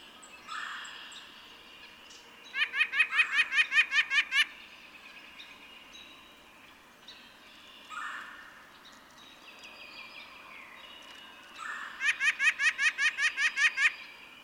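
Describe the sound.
White-breasted Nuthatch singing two fast strings of about ten nasal notes each, separated by a pause with brief lower calls and faint background birds.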